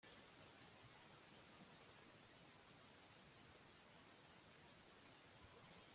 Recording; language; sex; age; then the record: short text; Brazilian Portuguese; male; 30 to 39 years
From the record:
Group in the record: control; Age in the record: 38 years